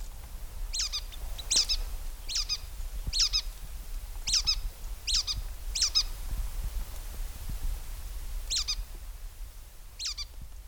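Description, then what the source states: Brown-headed nuthatch calls: high, squeaky notes, about nine spaced over ten seconds, over a low background rumble. Squeaky, dull call; common in southern pine forests, comes to feeders around Little Rock.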